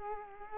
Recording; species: mosquito wingbeat signal from an infrared sensor; Culex quinquefasciatus